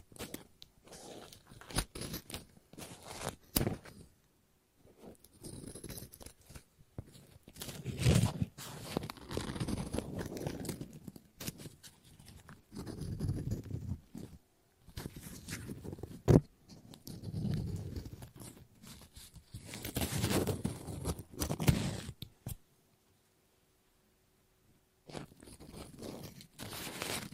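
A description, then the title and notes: Scissors snip and cut through paper in irregular bursts of crisp crunching strokes, separated by brief pauses, including a longer silence near twenty-three seconds. ASMR Scissors No Talking Snips and Cutting Paper.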